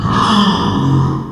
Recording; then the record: squeal of a Yucatan mini pig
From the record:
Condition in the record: after surgery on the right vocal fold (resection and tissue-engineered implant); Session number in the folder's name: 15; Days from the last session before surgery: 175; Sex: female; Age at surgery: 19 weeks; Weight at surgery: 25 kg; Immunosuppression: prednisolone